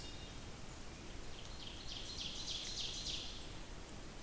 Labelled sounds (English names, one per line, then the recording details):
Ovenbird song
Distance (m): 70 m
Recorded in boreal forest in Alberta, Canada, on 28 May 2016 at 06:31
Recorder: SongMeter 3, array SBT-3-49
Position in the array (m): 109 m, 262 m
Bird 14